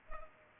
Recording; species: mosquito wingbeat signal from an infrared sensor; Culex pipiens